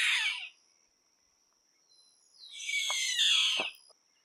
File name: Chimango